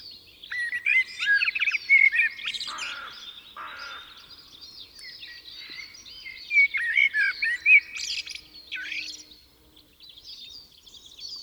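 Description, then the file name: Common blackbird singing loud, fluty warbled phrases with swooping notes in two bursts, over a dense chorus of high, thin twittering from other birds. "Turdus merula"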